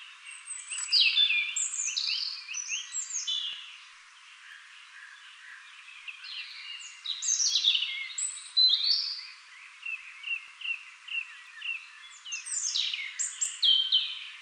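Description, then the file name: European robin song: several bursts of varied high, tinkling and warbling phrases with quick pitch jumps, separated by quieter stretches, over light background hiss. "Erithacus rubecula"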